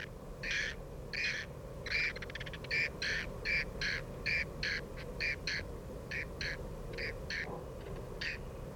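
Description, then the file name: Whiskered tern's scratchy, rasping calls, sounded in a regular chain of loud notes against a continuous low hum. "fattyuszerko hangja"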